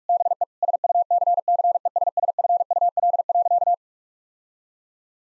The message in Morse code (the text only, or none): BE SUCCESSFUL.